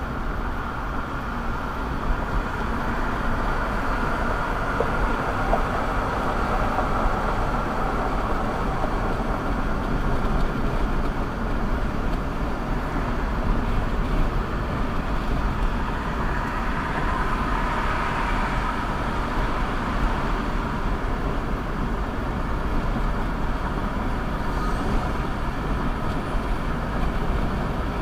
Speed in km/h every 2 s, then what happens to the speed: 60, 61, 63, 64, 66, 66, 69, 69, 69, 71, 72, 72, 71, 71.
0-12 speeds up to 69. 12-28 steady at about 71.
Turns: none.